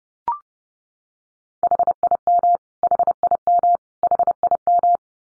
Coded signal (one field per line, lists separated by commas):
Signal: Morse code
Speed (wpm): 30 wpm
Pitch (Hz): 700 Hz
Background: none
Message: HIM HIM HIM